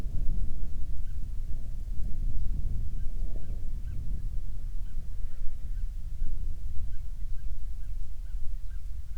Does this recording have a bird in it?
yes